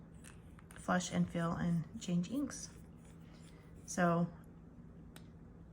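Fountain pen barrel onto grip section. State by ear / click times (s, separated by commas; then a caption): seated / 5.2 s. Someone talks while screwing the plastic barrel of a Diplomat Magnum Prismatic Purple EF fountain pen back onto its grip section after filling it with ink, with a few faint ticks early on. A single sharp click at 5.2 s marks the barrel tightening fully and seating home.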